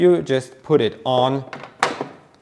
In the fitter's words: so, and make sure it clicks if it has to. Mine didn't, doesn't matter.